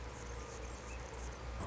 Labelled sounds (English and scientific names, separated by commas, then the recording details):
Anna's Hummingbird (Calypte anna)
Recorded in Sonoma County, California